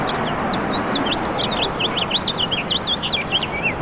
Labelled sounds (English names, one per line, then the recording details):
House Finch song
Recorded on Long Island, New York, on 6 June 2011
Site FL
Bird A